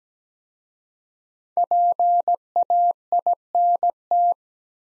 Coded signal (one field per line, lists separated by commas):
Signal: Morse code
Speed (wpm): 17 wpm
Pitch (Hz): 700 Hz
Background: none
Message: PAINT